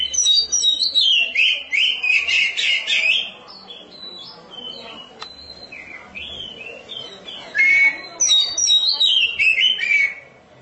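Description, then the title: Oriental magpie-robin, two loud bursts of mixed warbles and clear whistled notes with a quieter stretch of thin whistles between them. "Suara Kicauan Burung Kacer"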